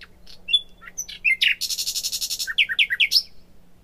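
Common nightingale in full song: varied chips and whistles, a long rapid buzzy rattle, then a string of loud whistled notes repeated in quick succession.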